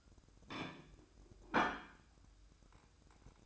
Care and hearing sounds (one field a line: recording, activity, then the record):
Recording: daily activity, microphone in the room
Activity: place plate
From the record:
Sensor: 2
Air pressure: 1007.4 hPa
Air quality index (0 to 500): 39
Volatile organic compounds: 1 ppm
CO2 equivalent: 538 ppm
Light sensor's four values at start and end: 6/15/6/6 and 6/15/6/6